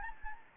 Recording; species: mosquito wingbeat signal from an infrared sensor; Anopheles gambiae